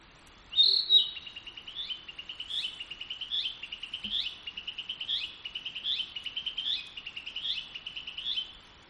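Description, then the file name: Narcissus flycatcher song: a bright opening note, then a steady run of short clear repeated phrases, a little over one per second, for about seven seconds, with a quiet background. "kibitaki"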